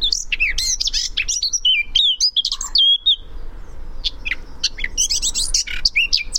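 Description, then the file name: Eurasian blackcap song: quick jumbled warbling that slides into clearer fluted whistles, followed after a short gap by more busy high chatter. "Sylvia atricapilla"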